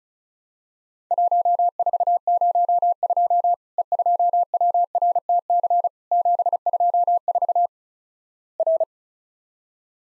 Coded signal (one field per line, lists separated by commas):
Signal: Morse code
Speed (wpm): 36 wpm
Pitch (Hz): 700 Hz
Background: none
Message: 1402 E2WRTC 724 R